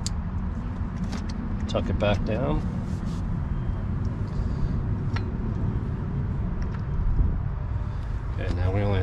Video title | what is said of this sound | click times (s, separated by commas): Yamaha 4.2L V6 fuel filter change - 225 250 300 HP | you hear the click | 0.1 s